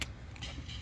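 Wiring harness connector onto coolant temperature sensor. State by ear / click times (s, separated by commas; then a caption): seated / 0.0 s. A wiring harness connector is pushed back onto the coolant temperature sensor of a BMW N54 engine. Its plastic plug latches with a sharp click at 0.0 s, followed by a faint tick at 0.4 s over a low background hum. The connector is seated and secure.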